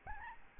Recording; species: mosquito wingbeat signal from an infrared sensor; Aedes albopictus